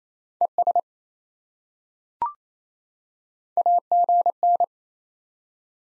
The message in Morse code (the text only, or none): ES AGN